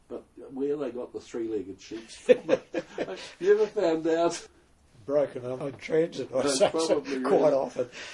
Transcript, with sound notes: But where they got the three-legged sheep from [chuckle] I never found out. Broken in transit, I‘d say – quite often.